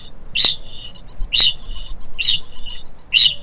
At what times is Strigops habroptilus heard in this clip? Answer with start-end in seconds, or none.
0.00-3.43